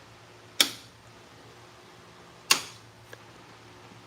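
The center of a plastic push-pin trim retainer in a 2025 Tacoma truck trim panel is pushed down, and it releases from the panel with a sharp plastic click at 0.6 s. A second sharp click of similar strength follows at 2.5 s, then a faint tick at 3.1 s, over a quiet, steady background.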